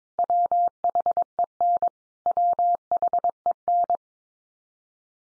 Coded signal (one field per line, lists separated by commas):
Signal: Morse code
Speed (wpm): 22 wpm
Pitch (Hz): 700 Hz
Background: none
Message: WHEN WHEN